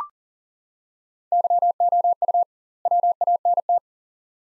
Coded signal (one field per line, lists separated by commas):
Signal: Morse code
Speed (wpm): 40 wpm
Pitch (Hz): 700 Hz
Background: none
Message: YOU WANT